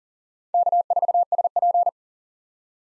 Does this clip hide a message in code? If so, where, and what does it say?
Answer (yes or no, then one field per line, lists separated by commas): yes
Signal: Morse code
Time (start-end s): 0.5-1.9 s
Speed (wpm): 37 wpm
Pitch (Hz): 700 Hz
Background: none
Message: K4SP